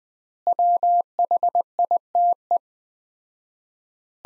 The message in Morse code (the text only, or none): WHITE